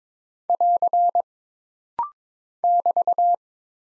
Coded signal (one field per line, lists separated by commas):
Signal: Morse code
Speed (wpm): 22 wpm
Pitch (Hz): 700 Hz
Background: none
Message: <AR> <BT>